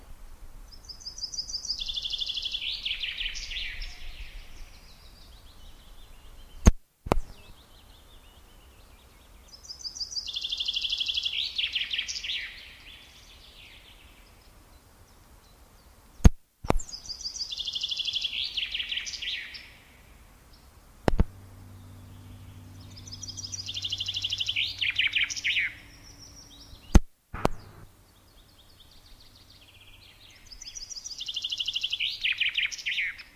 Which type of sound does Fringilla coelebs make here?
song